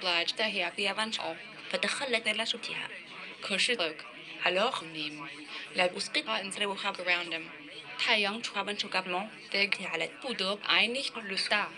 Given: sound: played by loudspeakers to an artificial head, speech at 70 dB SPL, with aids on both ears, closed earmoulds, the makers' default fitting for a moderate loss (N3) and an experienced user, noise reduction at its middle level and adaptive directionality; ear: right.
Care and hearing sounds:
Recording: speech test signal (ISTS) in cocktail-party noise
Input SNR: +9 dB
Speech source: on the right (90 degrees)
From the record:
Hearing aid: class 2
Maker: I

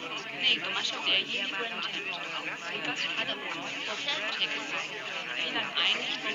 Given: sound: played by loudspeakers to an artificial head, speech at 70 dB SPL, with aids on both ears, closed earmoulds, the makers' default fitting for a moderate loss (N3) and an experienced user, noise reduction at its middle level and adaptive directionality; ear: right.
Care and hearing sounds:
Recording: speech test signal (ISTS) in cocktail-party noise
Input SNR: -6 dB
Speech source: in front (0 degrees)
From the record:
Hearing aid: class 1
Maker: G

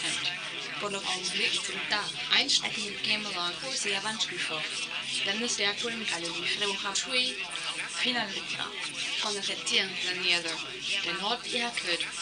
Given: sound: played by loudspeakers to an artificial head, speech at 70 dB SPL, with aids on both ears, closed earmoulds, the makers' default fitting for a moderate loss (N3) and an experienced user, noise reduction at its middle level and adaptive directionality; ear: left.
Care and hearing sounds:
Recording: speech test signal (ISTS) in cocktail-party noise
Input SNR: +6 dB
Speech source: on the right (90 degrees)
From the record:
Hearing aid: class 2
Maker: A

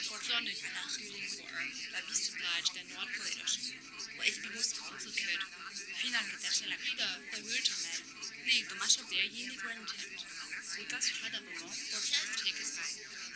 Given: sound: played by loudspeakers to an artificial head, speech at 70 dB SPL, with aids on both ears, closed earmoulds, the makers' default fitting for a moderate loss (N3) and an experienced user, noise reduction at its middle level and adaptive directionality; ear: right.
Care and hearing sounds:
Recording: speech test signal (ISTS) in cocktail-party noise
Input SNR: -6 dB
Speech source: in front (0 degrees)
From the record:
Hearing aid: class 1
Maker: J

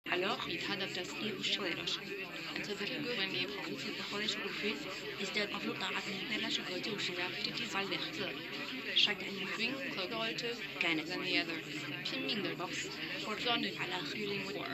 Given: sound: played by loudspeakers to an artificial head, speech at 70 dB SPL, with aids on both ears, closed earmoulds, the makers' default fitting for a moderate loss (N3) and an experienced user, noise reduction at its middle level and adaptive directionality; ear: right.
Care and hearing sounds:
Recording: speech test signal (ISTS) in cocktail-party noise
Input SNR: 0 dB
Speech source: in front (0 degrees)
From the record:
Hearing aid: class 1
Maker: D

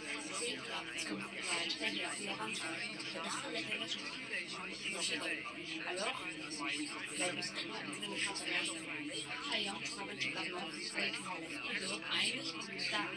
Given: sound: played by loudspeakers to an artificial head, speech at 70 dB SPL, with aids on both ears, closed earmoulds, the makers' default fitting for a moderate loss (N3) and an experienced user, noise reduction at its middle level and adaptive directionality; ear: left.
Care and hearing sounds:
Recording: speech test signal (ISTS) in cocktail-party noise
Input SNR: -3 dB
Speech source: on the right (90 degrees)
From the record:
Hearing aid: class 2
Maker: C

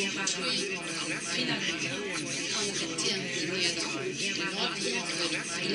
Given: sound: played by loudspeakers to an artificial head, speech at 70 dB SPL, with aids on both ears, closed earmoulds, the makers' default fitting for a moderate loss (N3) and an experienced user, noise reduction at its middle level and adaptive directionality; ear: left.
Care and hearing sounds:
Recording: speech test signal (ISTS) in cocktail-party noise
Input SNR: -6 dB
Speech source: on the right (90 degrees)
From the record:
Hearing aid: class 1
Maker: B

